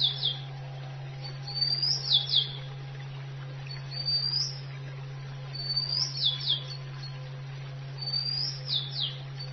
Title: Kicau Kacer